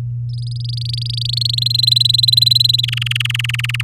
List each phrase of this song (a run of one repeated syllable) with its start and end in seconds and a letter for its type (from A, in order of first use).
0.29-1.60 A, 1.61-2.81 B, 2.83-3.82 C